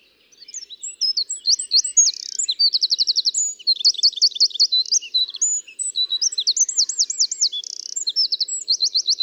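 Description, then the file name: Eurasian wren singing a long, energetic, high-pitched song of rapid trills, rattles and looping repeated notes with hardly a pause. "Troglodytes troglodytes"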